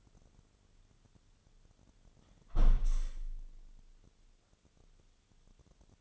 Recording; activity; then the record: daily activity, microphone in the room; close window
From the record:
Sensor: 4